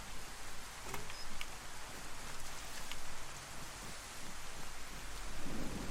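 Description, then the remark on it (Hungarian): Rain starts and then hisses down steadily in a dense, even wash while low thunder rumbles underneath, swelling and fading in slow waves. No voices. “Ajha, hogy rákezdett az eső?”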